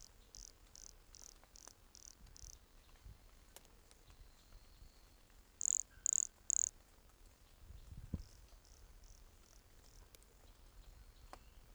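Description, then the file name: Pumpkin toadlet calling: three loud, short, high-pitched chirps in quick succession, after a fainter series of similar chirps earlier. Recorded at Entroncamento, Teba, in January 2020, with the frog 20 cm from the microphone. "MHNCI Brachycephalus sulfuratus Entroncamento Teba 20 cm from microphone LFR JAN-2020"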